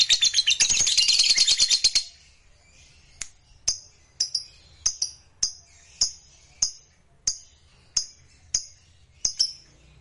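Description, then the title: Lovebird calls, a brief burst of fast high chatter, then single sharp high chirps repeated at a steady pace. Song of a lazy lovebird stimulated into singing. "LOVEBIRD Malas Bunyi JADI GREGET SPONTAN Langsung NARIK"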